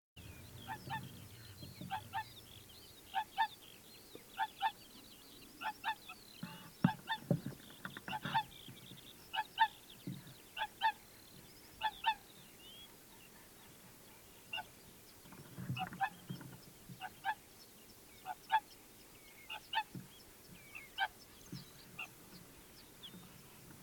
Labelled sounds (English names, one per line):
Whooper Swan call